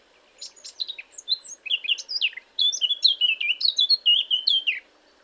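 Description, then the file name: Eurasian blackcap in full song. Quiet twittering notes swell into a bright, varied phrase of clear whistles that slide up and down, then the song stops abruptly. "Sylvia atricapilla"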